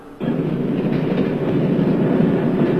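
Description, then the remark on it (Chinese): A moving passenger train rumbles steadily on its rails, a dense low clatter that kicks in abruptly after a brief quiet start and holds at an even, loud level throughout. “上尉斯科特带着他的卫队来到了列车上。”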